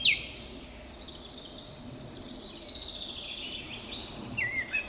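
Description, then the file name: Eurasian blackcap giving a sharp high note, then faint soft warbling, closing with a few louder clipped notes. "Sylvia atricapilla"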